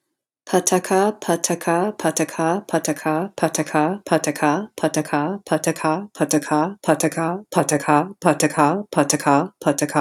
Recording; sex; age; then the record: repeated syllables /pa ta ka/; female; 30 to 39 years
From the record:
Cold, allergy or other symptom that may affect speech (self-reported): no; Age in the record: 30 years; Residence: Texas, United States